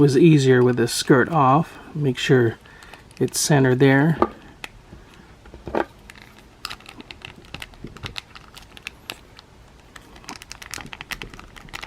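Someone talks while fitting and centering a plastic Dragon Stars Dragon Ball Super Super Saiyan Broly Series 12 action figure onto its display stand, with its skirt piece removed. Light plastic handling taps and small sharp ticks follow as the part is adjusted. Nothing has seated or clicked into place yet.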